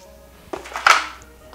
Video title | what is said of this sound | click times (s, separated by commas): HOW TO BUILD A PC IN 2020!! | a good click that means it's in there and | 0.9 s